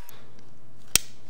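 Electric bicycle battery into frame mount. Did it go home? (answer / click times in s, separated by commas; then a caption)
yes / 1.0 s. The battery of a Qualli Q Sports Max Limited electric bicycle is pushed into its frame mount until it latches, over a steady low hum. A single sharp, loud click at 1.0 s marks the battery seating in the frame.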